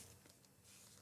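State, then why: Not seated. A top trim piece of a Moko iPhone 6 & 6s Plus plastic battery case, fitted here to an iPhone 7 Plus, is handled as it is pressed over the phone. Two brief, faint taps are heard at about 0.3 and 0.5 seconds over a low steady background. Nothing has seated or clicked yet.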